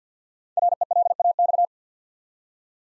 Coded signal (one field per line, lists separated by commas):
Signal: Morse code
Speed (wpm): 50 wpm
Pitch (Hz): 700 Hz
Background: none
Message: RELAX